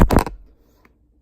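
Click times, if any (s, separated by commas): 0.1 s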